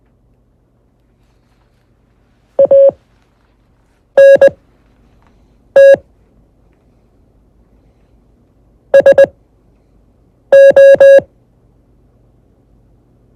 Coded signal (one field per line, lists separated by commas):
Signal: Morse code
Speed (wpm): 20 wpm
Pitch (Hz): 550 Hz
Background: none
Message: ANT SO